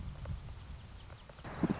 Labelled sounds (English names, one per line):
Anna's Hummingbird